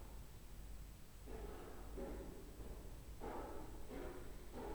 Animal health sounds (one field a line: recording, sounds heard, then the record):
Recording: poultry house recording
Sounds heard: no chicken sound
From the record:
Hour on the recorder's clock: 16